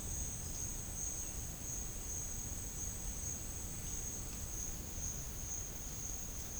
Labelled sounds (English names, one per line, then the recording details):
none
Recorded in dense forest near Puerto Asís, Putumayo, Colombia, on 22 June 2025 at 11:30
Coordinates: 0.481, -76.323
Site G072